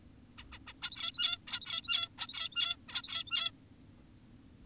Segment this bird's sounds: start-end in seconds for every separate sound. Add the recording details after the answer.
0.38-0.44, 0.52-0.59, 0.67-0.73, 0.82-1.38, 1.48-2.09, 2.18-2.76, 2.89-3.51. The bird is an adult. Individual g17y2U